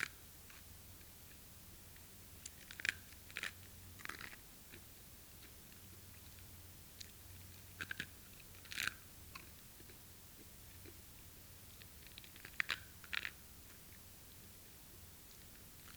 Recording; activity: daily activity, guitar pickup as the sensor; eat